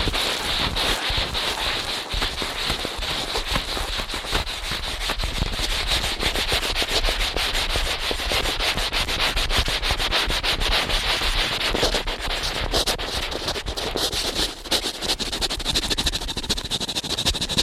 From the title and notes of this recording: ASMR Ear Cleaning at Helicopter Speed.